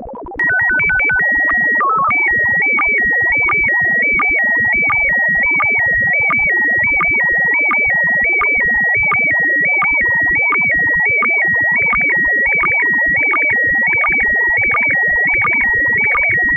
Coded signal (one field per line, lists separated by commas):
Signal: SSTV (slow-scan television)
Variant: PD 90